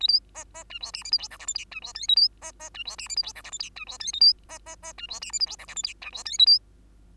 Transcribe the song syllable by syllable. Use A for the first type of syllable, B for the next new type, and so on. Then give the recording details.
A B C C D E F G H I J K L M D E N A B C C D E F G H I J K L M D E N A B C C C D E F G H I J K L M D E N A B. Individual Bird2